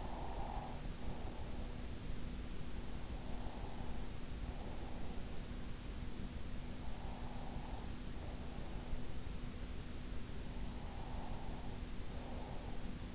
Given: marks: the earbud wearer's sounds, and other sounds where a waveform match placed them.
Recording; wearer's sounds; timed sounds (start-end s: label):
sounds in sleep by an in-ear microphone; breath
0.01-2.01 s: breath
3.01-6.01 s: breath
7.01-9.01 s: breath
11.01-13.01 s: breath